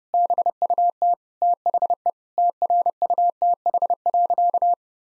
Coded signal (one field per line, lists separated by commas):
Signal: Morse code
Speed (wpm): 30 wpm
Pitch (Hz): 700 Hz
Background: none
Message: BUT THE TRUTH.